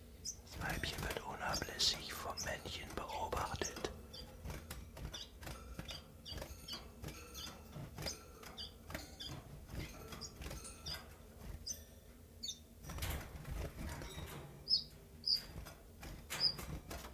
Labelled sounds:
Common Chiffchaff

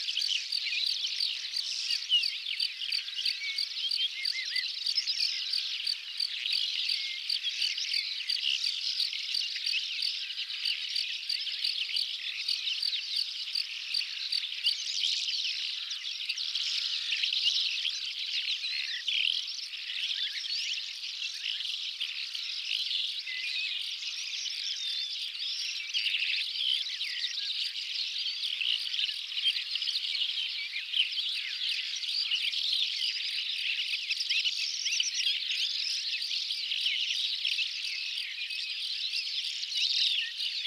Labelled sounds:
Calandra Lark song

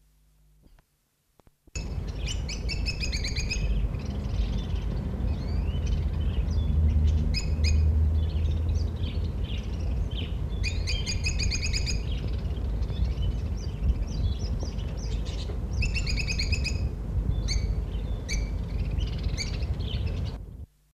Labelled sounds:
Rosy-faced Lovebird call

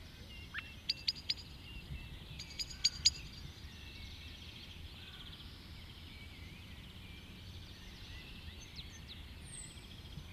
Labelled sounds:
Common Blackbird call

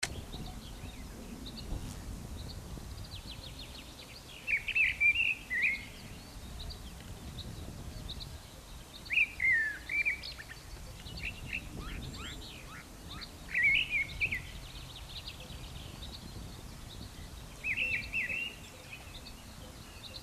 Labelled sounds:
Mistle Thrush song

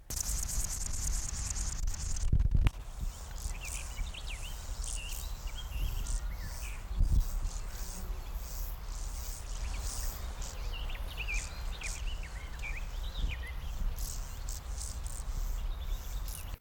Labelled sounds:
Upland Field Grasshopper stridulation

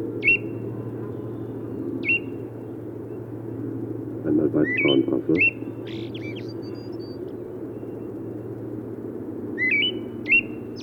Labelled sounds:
Eyebrowed Thrush song

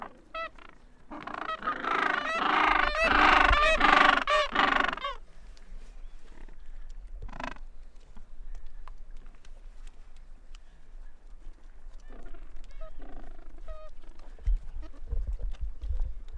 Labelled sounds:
Gentoo Penguin call

